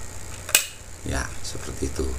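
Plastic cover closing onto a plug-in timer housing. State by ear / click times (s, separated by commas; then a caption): seated / 0.6 s. The plastic cover of a Theben mechanical plug-in timer is pressed closed onto the timer housing, and a sharp click is heard at 0.6 s as it snaps shut and seats. Someone then talks.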